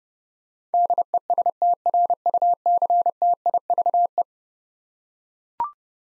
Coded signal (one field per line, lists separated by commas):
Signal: Morse code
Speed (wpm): 30 wpm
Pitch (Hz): 700 Hz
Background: none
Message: DESTRUCTIVE